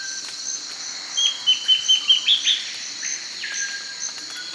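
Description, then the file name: Bird giving a short series of about seven crisp, high notes in quick succession over a continuous insect drone. "SABIOD 50 bird 2015"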